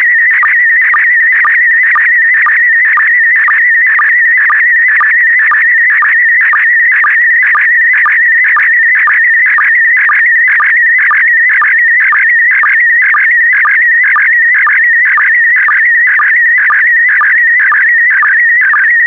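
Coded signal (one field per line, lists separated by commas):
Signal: SSTV (slow-scan television)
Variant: PD120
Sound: continuous warbling tone around 2 kHz with regular low ticks twice a second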